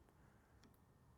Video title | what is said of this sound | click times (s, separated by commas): Trajan 125 Motor Brush Install - Sawblade com | and then just place the second place the spring down until it clicks in | 0.6 s